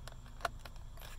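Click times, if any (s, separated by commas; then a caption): 0.5 s. The black wire's plastic electrical connector is pushed into a new clockspring on the steering column of a 1992–1996 Ford F150 until it clicks. A sharp click at 0.4 s stands out above a low background, with fainter ticks around it and a low thump near the end. The connector is seated.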